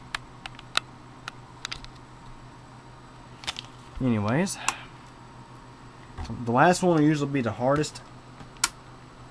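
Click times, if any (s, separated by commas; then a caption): 8.6 s. The last plastic push pin of an Intel CPU heatsink fan is pushed down into a motherboard mounting hole while someone talks, with small taps and clicks early on. A sharp click at 8.6 s marks the pin locking into place, seated.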